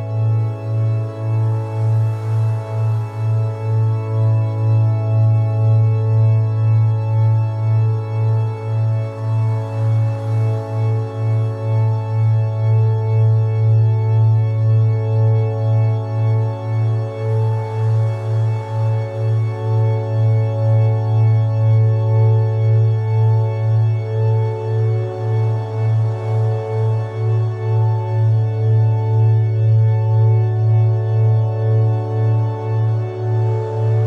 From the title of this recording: Delta Sleep Waves - 1hz + 110hz